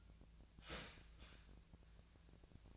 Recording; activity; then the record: daily activity, microphone in the room; start toaster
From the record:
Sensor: 2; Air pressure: 1009.2 hPa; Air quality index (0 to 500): 187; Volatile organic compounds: 11 ppm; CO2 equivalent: 2318 ppm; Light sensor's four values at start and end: 23/57/24/26 and 23/57/24/26